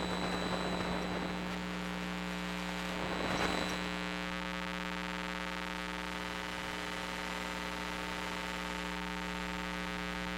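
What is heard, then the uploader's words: Electromagnetic hum picked up from household electronics: a steady, low droning buzz layered with many fixed tones and a thin high whine. A crackling, hissy burst swells around three to four seconds, then the sound settles into a cleaner, unchanging electrical drone. Electromagnetic Listening. Using the Electrosluch Mini City from LOM (link below) I went around the house just recording things. Other than playing with the stereo effect of the device there has been no edits or additional processing to the recording.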